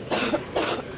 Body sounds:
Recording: coughing mixed with background sound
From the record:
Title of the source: 61 morning phlegmy cough...again

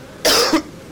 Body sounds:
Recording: coughing mixed with background sound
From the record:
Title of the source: Coughing 60

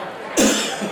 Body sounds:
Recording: coughing mixed with background sound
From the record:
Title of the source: Spring Cold Coughing.

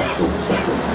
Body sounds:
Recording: coughing mixed with background sound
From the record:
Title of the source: Residual Phlegmy Morning Coughing and Gagging

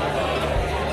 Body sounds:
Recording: background sound without coughing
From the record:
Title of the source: CITY SOUNDS Busy Bar in the Evening Night - 2 HOURS of Ambiance for Relaxation

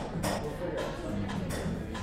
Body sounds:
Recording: background sound without coughing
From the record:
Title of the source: 60 minutes of coffee shop sounds for study and concentration

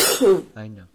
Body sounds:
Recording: coughing mixed with background sound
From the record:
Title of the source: 30 Chesty and wet cough

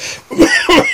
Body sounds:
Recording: coughing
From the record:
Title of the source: Dry Afternoon Cough

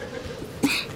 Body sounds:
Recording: coughing mixed with background sound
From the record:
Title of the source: 64 coughing, allergies, singing lungs

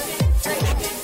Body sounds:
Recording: background sound without coughing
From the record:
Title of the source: Nightlife Party Simulating Party Club Noise 1 Hour

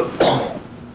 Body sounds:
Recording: coughing mixed with background sound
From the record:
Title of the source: Coughing 77

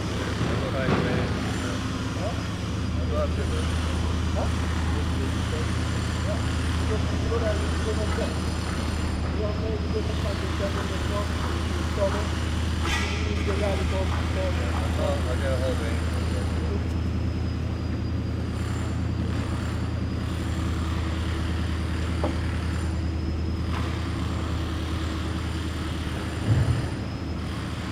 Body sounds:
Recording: background sound without coughing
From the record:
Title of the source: 30 MINUTES Construction Site Ambience (CC BY 4.0)

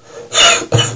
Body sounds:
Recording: coughing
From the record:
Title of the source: Cough Around the Clock!

